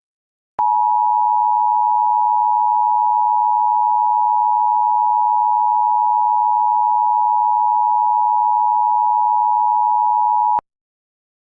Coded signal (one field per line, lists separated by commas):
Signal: Emergency Alert System (SAME) tones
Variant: 853 and 960 Hz attention tone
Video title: EAS scenario #1: The Blood Moon